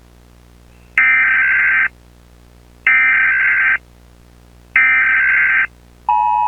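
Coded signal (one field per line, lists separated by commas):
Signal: Emergency Alert System (SAME) tones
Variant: header bursts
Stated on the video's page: Fictional EAS scenario, not a real alert.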